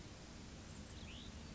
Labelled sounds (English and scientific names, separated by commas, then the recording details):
Cassin's Vireo (Vireo cassinii)
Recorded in Sonoma County, California